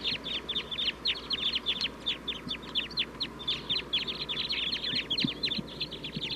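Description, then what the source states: Red Crossbill flock calls, many short sharp downward chips overlapping rapidly and continuously from several birds, with a low steady background hum. Sitkensis type; wild flock calling up in the treetops.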